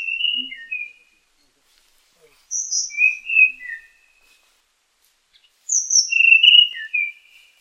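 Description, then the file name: Tanahjampea Blue Flycatcher singing bright, high whistled phrases of slurred and falling notes, three bursts spaced a few seconds apart in quiet surroundings. "sikatan tanahjampea"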